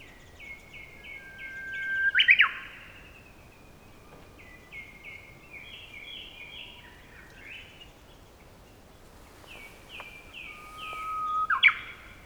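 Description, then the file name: Common nightingale song: series of quick repeated notes, a long pure whistle ending in a sharp burst, and another whistle-and-burst phrase at the end. "nightingale 2019 dec robert knoth und antoinette de jong"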